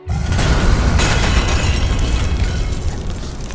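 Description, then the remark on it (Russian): A pharmacy's shop window shatters in a loud, booming crash, followed by a dense, sustained rush of breaking glass and debris that holds steady for several seconds. No voices. “Ее спокойных слов хватило, чтобы я в последний миг, вместо того, чтобы встретить вопль статуи грудью, нырнул таки в разбитую витрину аптеки.”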